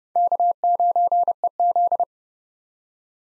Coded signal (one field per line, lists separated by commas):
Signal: Morse code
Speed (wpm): 30 wpm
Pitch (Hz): 700 Hz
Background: none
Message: K9EZ